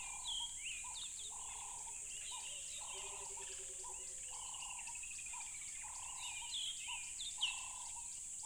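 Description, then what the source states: Crickets keep up an unbroken high-pitched trill as birds whistle and call, a rapid rising note series sounds, and low droning croaks repeat steadily. Tropical river habitat.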